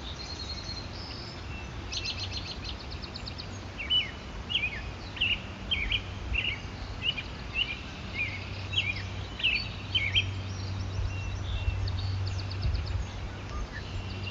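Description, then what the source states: American Robin song: short clear whistled phrases in a series, with higher trills and a low rumble behind. Tail end of the dawn chorus in upstate New York, USA; the American Robin is the most prominent song among other birds.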